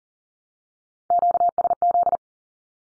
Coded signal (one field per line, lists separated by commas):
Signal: Morse code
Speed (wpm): 40 wpm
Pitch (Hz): 700 Hz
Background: none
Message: QSZ